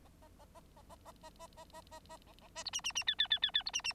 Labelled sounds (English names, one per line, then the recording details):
Bengalese Finch song
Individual Bird9